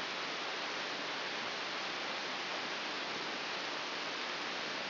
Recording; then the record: brain microelectrode recording played as sound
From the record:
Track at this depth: inside the subthalamic nucleus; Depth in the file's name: 3.099 mm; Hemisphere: left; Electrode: 3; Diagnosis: Parkinson's disease